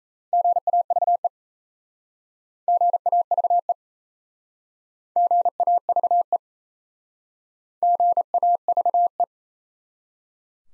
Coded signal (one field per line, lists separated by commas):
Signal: Morse code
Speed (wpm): 37 wpm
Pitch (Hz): 700 Hz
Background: none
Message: GAVE GAVE GAVE GAVE